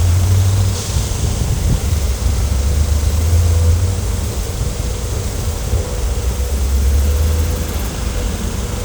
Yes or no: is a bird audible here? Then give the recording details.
no. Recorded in secondary vegetation near Puerto Asís, Putumayo, Colombia, on 16 December 2024 at 16:30. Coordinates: 0.468, -76.324. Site G095